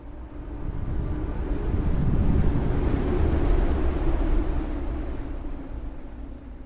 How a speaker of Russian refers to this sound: Снаружи завыл ветер, а бункер, как живой, содрогнулся в ответ.